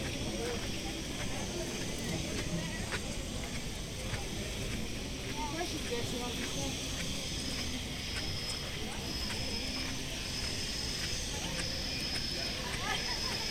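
A walk through Animal Kingdom park at Walt Disney World, filled with a steady, dense crowd murmur of overlapping voices. The level stays even throughout, with short clicks and knocks scattered across it and a faint high tone flickering in and out.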